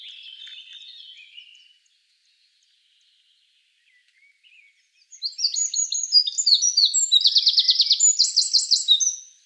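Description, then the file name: Eurasian wren: faint high twitters, a silent gap, then a loud, energetic run of varied sharp notes with a quick rattling trill near the end. "Troglodytes troglodytes"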